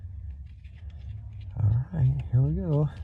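A new turn signal relay for an NB Miata, replacing one that gave off a hot, burning electrical smell from the dash, is lined up with its metal dash mounting bracket before being pushed on. Soft handling noises with faint taps around 0.3, 0.7, 0.9 and 1.4 seconds are heard, then someone talks. Nothing has seated or clicked yet.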